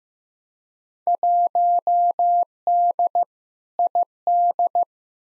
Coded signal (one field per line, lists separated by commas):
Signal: Morse code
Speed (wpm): 16 wpm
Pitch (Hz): 700 Hz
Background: none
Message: 1D ID